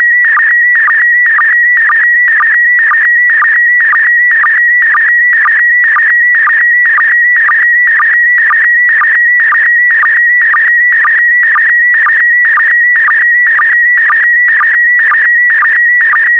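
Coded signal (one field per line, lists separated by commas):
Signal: SSTV (slow-scan television)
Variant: PD120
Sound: warbling tone near 2 kHz with a steady rhythmic blip about twice a second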